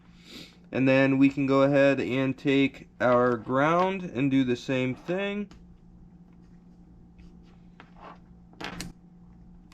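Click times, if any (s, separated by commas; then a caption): 8.8 s. Someone talks, then a ground wire terminal is pushed into the plastic fuel pump connector housing of a GTO dual fuel pump setup, the same way as the previous wire. A few faint handling ticks come first, then a sharp click at 8.8 s as the terminal seats in the connector.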